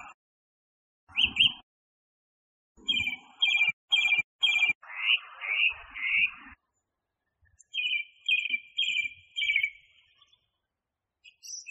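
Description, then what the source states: Song thrush song: a ringing note repeated several times per phrase, several phrases in sequence, with low thumps in the background. Masteran recording used for training songbirds.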